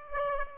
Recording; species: mosquito wingbeat signal from an infrared sensor; Aedes aegypti